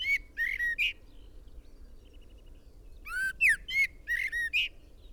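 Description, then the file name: Common blackbird calls in two bursts of short, sweeping whistled notes with sharp upward and downward slurs, a quiet pause between, over a low steady hum. "Turdus merula"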